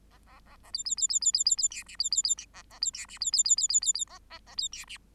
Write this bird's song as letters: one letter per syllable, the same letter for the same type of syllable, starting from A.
A A A A B B B B B B B B C D B B B D A A B C D B B B B B B B A A A B C D